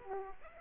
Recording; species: mosquito wingbeat signal from an infrared sensor; Aedes aegypti